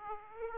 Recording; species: mosquito wingbeat signal from an infrared sensor; Aedes aegypti